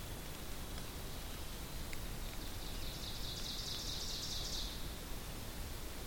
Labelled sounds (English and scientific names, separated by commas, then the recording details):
Ovenbird (Seiurus aurocapilla) song
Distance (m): 65 m
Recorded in boreal forest in Alberta, Canada, on 2 June 2016 at 07:37
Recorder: SongMeter 3, array SBT-3-7
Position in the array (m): 208 m, 86 m
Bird 6